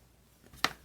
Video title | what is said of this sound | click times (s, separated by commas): Sizzix Magnetic Die Brush Kit: Does it work? | it snaps it doesn't snap on it's | none